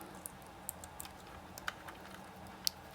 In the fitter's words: you'll hear the little click noise